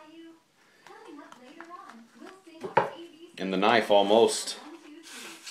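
A knife is pushed into a wax-hardened leather sheath while someone talks, with a few small taps before a sharp, louder click at 2.8 s as the knife snaps into the sheath's retention. The blade seats in the sheath.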